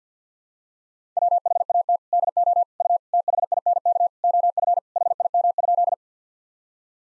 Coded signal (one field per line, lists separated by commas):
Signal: Morse code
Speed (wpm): 50 wpm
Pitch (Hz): 700 Hz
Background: none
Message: WHAT DO U THINK OF HIM?